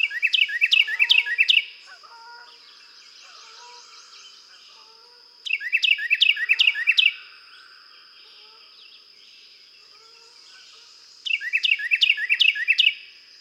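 Carolina wren song: three loud bursts, each a rapid run of several repeated rolling, whistled phrases, spaced roughly six seconds apart over a steady high whine.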